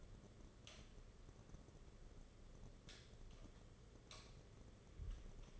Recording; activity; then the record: daily activity, microphone in the room; light on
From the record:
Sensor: 4